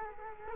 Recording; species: mosquito wingbeat signal from an infrared sensor; Culex quinquefasciatus